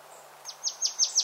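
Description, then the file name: Marsh Tit calls: five quick, high notes sweeping sharply downward, evenly spaced in the second half. "Poecile palustris"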